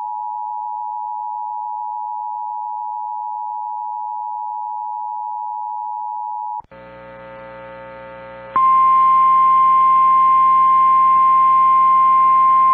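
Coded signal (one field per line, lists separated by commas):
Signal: Emergency Alert System (SAME) tones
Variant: 853 and 960 Hz attention tone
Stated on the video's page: Real EAS Tornado Watch received on NOAA Weather Radio.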